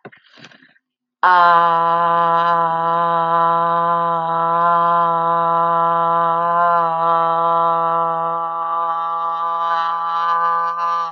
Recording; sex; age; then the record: vowel held as long as possible; female; 20 to 29 years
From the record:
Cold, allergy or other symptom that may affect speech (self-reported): no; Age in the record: 28 years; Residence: North Carolina, United States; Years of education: 8